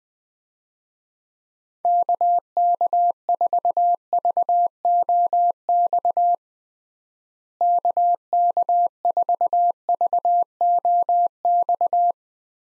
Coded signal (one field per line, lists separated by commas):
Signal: Morse code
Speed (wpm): 20 wpm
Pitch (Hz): 700 Hz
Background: none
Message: KK4VOX KK4VOX